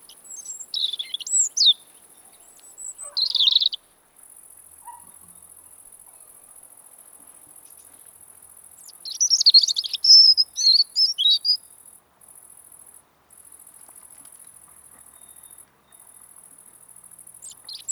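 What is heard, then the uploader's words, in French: A European robin sings in autumn, thin high twittering phrases arriving in bursts near the start, around three to four seconds, and a busier run from nine to eleven seconds. A steady, very high insect-like hiss runs underneath throughout, with quiet gaps between phrases. Rouge-gorge familier d'automne - Sonothèque naturophonia oiseaux. Le Rouge-gorge (Erithacus rubecula). Il se remet à chanter actuellement avec l'apport de migrateurs nordiques.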